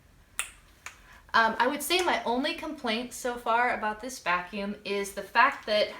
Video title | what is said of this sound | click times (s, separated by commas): Dyson Ball Allergy Vacuum | and then to disconnect you just press that piece in and hear the click pull it out super easy | 0.4 s